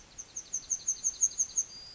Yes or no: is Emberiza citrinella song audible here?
yes